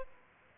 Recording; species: mosquito wingbeat signal from an infrared sensor; Aedes aegypti